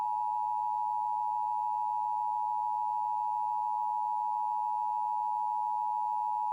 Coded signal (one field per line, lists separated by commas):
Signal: Emergency Alert System (SAME) tones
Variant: 853 and 960 Hz attention tone